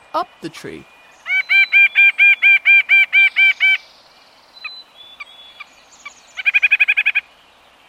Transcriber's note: Vocalizations between a pair of White-breasted Nuthatches